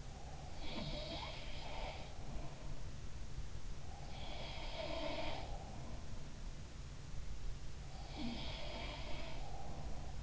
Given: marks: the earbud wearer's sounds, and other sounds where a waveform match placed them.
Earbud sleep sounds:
sounds in sleep by an in-ear microphone; breath
0.00-2.85 s: breath
0.57-2.25 s: sound from someone else or the room
3.72-6.11 s: breath
4.06-5.71 s: sound from someone else or the room
7.87-10.23 s: breath
8.20-9.62 s: sound from someone else or the room

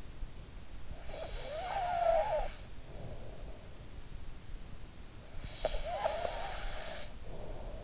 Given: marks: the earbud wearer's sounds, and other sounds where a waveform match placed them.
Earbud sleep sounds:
sounds in sleep by an in-ear microphone; snoring breath
0.87-3.56 s: snoring breath
4.76-7.84 s: snoring breath

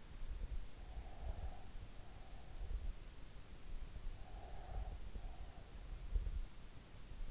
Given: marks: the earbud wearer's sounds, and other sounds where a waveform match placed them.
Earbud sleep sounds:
sounds in sleep by an in-ear microphone; breath
0.71-3.01 s: breath
4.14-5.78 s: breath

